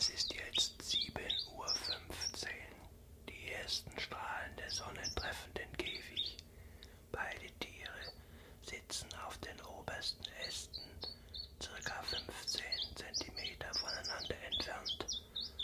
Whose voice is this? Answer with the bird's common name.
Common Chiffchaff